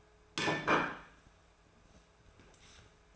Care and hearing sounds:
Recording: daily activity, microphone in the room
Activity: place plate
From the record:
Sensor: 2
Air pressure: 1014.9 hPa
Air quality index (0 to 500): 203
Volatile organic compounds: 20 ppm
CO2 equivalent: 2687 ppm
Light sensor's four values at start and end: 23/52/24/26 and 23/51/23/25

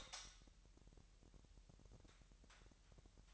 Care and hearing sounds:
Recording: daily activity, microphone in the room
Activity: light on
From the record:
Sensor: 3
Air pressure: 1001.9 hPa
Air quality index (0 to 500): 246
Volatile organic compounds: 48 ppm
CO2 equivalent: 3266 ppm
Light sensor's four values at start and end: 6/13/5/5 and 12/32/13/12

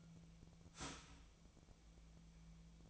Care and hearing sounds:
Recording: daily activity, microphone in the room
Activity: start toaster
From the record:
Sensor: 1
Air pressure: 1009.3 hPa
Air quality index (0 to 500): 195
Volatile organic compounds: 19 ppm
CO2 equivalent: 2670 ppm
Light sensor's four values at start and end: 27/70/29/35 and 27/70/29/35

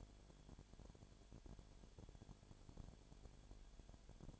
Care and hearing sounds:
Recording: daily activity, microphone in the room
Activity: no activity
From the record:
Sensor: 5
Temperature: 20.0 degrees Celsius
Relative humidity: 37.1%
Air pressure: 1007.4 hPa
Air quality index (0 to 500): 84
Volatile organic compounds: 1 ppm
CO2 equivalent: 955 ppm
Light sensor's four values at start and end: 2/3/1/1 and 2/3/1/1

